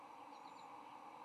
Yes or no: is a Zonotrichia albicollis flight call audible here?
no